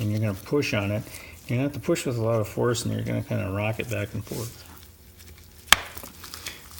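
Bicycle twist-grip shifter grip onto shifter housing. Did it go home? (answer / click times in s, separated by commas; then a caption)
yes / 5.7 s. Someone talks while pushing a plastic SRAM twist-grip shifter grip onto its shifter housing with a lot of force, rocking it back and forth. A sharp snap at 5.7 s marks the grip seating into place, followed by a few faint handling sounds.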